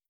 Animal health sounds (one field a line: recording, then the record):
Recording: hydrophone in a shrimp aquaculture tank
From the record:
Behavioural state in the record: starved